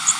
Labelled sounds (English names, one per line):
Blackburnian Warbler flight call